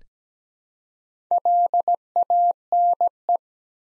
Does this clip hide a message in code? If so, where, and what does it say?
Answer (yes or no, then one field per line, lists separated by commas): yes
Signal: Morse code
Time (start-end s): 1.3-3.4 s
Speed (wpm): 17 wpm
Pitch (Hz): 700 Hz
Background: none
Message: LANE